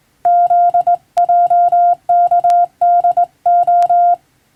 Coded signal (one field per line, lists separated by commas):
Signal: Morse code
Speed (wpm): 20 wpm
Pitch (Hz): 700 Hz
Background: none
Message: ZJKDO